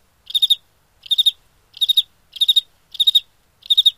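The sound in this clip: Cricket giving high, trilled chirps of about four pulses each in a steady series, nothing else audible.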